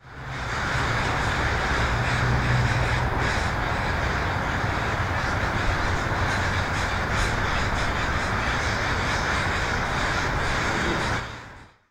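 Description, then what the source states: American crows in a dense, unbroken chorus of overlapping caws, a constant wall of sound, with a steady low rumble beneath. Thousands of crows gathering each night at a roost near a university campus in Bothell, Washington.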